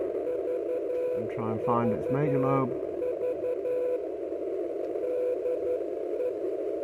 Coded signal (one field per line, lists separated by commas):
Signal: Morse code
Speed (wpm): 11 wpm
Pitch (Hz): 500 Hz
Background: speech, radio noise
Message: VVV DE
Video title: Is it a Beam ? ⚡Far Field Pattern⚡ HF E field Beam Experiment ⚡🙏⚡